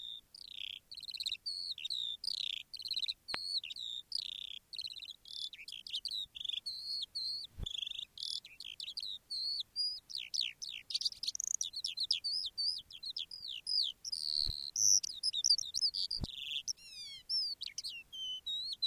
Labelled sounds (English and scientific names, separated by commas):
Eurasian Skylark (Alauda arvensis)